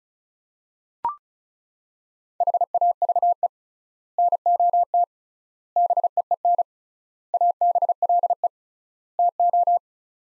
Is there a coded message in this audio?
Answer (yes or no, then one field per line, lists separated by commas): yes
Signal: Morse code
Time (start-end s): 2.4-9.8 s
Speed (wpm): 34 wpm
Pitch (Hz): 700 Hz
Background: none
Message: HAVE NOT BEEN ABLE TO